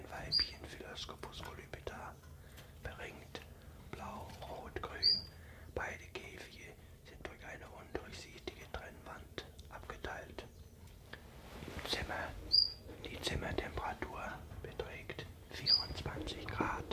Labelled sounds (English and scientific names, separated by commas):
Common Chiffchaff (Phylloscopus collybita)